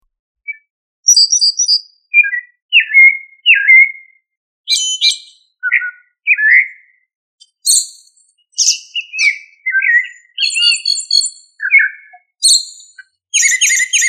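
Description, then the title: Thrush song with a steady flow of short phrases: falling whistles, buzzy high notes and trilled chirps alternating quickly, in a quiet background. "Familia Turdidae - Sabia"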